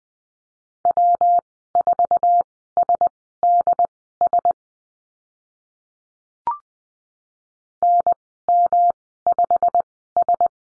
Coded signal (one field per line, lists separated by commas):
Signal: Morse code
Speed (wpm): 19 wpm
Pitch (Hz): 700 Hz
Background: none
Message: W4SDS NM5S